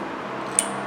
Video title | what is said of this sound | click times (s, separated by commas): Front Brakes & Rotor Replacement ( Complete Guide ) | it snaps right in place just like that. | 0.6 s